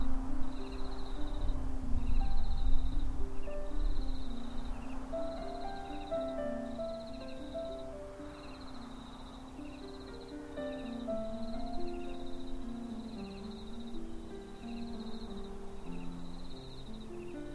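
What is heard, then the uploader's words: Crickets chirp in a steady, evenly spaced pulse, a high trill repeating about once a second throughout. A soft wind rushes low in the grass, strongest in the first few seconds, then settling. Faint lower tones drift underneath in the background. The only sounds around you are the chirping of the crickets and the light wind in the grass.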